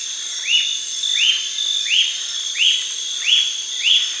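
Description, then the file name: Bird calling: six rising, arched whistled notes evenly spaced about every two-thirds of a second over a constant high-pitched background drone. "SABIOD 50 bird 2015"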